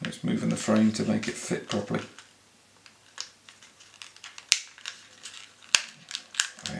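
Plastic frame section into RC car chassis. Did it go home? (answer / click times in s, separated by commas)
yes / 4.5 s, 5.8 s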